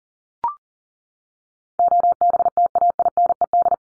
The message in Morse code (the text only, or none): OBTAINED